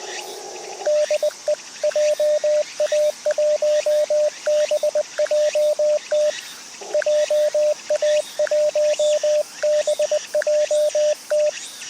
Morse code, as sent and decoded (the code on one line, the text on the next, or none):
-.. . / .--- .- .---- -... .--- - / .--- .- .---- -... .--- -
DE JA1BJT JA1BJT